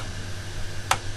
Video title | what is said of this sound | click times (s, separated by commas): How to open & Clean PS3 model CECH4201 super slim | hear that click | 0.9 s